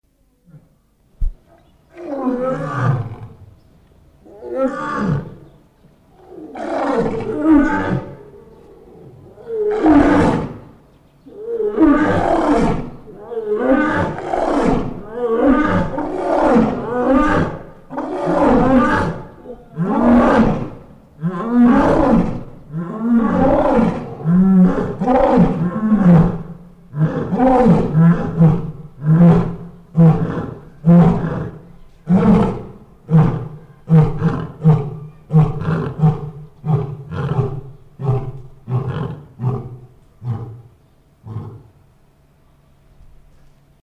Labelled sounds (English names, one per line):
Lion call